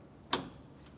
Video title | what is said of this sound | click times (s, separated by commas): etrailer - Curt 5th Wheel/Gooseneck Wiring Harness DIY Installation - 2024 Chevrolet Silverado 2500 | give it a firm push until it clicks. | 0.3 s